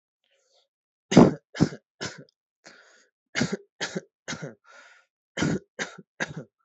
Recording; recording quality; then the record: shallow voluntary cough; excellent, no background noise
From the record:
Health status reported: healthy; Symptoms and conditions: none ticked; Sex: male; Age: 22 years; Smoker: not ticked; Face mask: not worn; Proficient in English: yes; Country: India